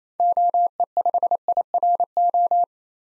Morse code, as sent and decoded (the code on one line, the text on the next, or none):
--- . ..... .. .-. ---
OE5IRO